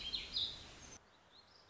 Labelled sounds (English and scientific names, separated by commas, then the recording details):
Warbling Vireo (Vireo gilvus)
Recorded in Sonoma County, California